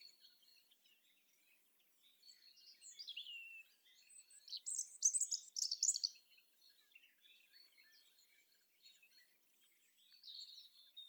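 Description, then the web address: European robin song in short scattered bursts of high sparkling warbles, with a steady hiss of background noise between the phrases. "SETE data Erithacus rubecula"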